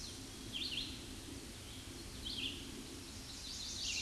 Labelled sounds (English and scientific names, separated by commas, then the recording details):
Red-eyed Vireo (Vireo olivaceus) song
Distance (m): 40 m
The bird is about 5 m above the microphone
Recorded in a Pennsylvania forest on 16 May 2024 at 07:12
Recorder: AudioMoth, point MSD-0192
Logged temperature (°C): 16.0 °C
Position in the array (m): 129 m, 50 m